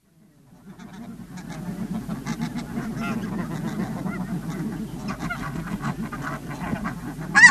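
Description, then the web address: Snow goose flock, many overlapping honking and yelping calls building up after a quiet start and continuing steadily, with a louder burst at the end. "earth naturelibrary assets s sn snow goose"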